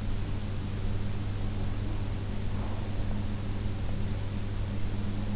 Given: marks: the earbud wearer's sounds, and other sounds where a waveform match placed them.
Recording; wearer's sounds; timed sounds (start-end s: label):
sounds in sleep by an in-ear microphone; breath
2.36-3.33 s: breath